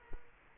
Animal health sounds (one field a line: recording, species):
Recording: mosquito wingbeat signal from an infrared sensor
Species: Culex quinquefasciatus